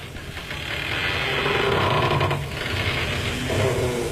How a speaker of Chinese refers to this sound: 吱吱呀呀的门加上波涛声，也许又会勾起你久远的回忆吧。